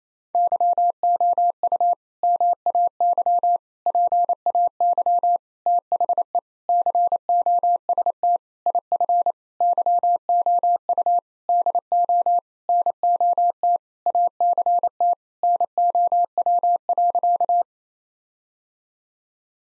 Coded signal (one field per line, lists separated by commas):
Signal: Morse code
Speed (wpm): 28 wpm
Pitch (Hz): 700 Hz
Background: none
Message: YOU MAY PAY THE COST IF YOU DO NOT ACT NOW.